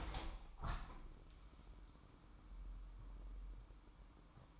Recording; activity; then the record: daily activity, microphone in the room; open window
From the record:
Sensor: 1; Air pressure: 998.1 hPa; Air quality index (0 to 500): 140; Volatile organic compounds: 4 ppm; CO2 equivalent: 1676 ppm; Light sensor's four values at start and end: 16/54/22/22 and 16/54/22/22